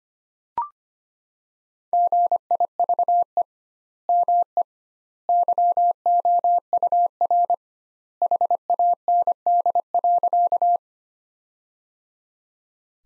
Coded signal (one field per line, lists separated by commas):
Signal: Morse code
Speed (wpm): 25 wpm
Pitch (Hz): 700 Hz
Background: none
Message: GIVE ME YOUR HAND.